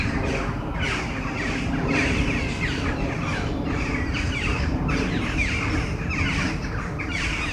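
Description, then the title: Harsh crow caws come in clustered bursts from several birds at once, above a steady low-pitched roar. Crows before a storm at Domaine de Tivoli, Mechelen, Belgium; Sony PCM-M10 internal microphones. "Domaine de Tivoli, Malines, Belgique, Belgium - Corneilles avant lorage - Crows before the storm"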